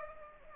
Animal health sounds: mosquito wingbeat signal from an infrared sensor; Aedes aegypti

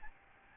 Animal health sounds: mosquito wingbeat signal from an infrared sensor; Aedes albopictus

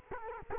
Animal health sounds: mosquito wingbeat signal from an infrared sensor; Culex quinquefasciatus

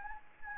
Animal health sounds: mosquito wingbeat signal from an infrared sensor; Anopheles gambiae

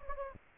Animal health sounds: mosquito wingbeat signal from an infrared sensor; Anopheles gambiae

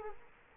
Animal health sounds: mosquito wingbeat signal from an infrared sensor; Culex quinquefasciatus

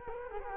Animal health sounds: mosquito wingbeat signal from an infrared sensor; Culex quinquefasciatus

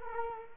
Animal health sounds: mosquito wingbeat signal from an infrared sensor; Culex quinquefasciatus

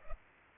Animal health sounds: mosquito wingbeat signal from an infrared sensor; Culex pipiens

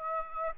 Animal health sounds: mosquito wingbeat signal from an infrared sensor; Aedes aegypti

